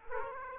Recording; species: mosquito wingbeat signal from an infrared sensor; Aedes aegypti